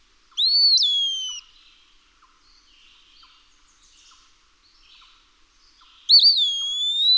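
Eastern wood-pewee song: a rising-then-falling whistled phrase, a pause of about five seconds with faint bird chatter, then a wavering, slowly rising whistle.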